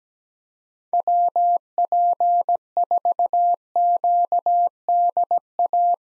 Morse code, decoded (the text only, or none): WP4QDA